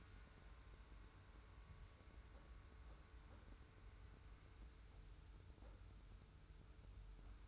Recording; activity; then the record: daily activity, microphone in the room; wipe stove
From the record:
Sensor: 2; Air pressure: 991.4 hPa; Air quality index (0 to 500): 152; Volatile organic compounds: 464 ppm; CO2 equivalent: 4770 ppm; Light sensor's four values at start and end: 39/111/44/42 and 39/111/44/42